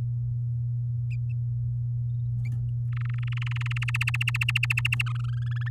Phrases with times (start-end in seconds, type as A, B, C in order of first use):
2.92-3.84 A, 3.88-5.02 B, 5.06-5.69 C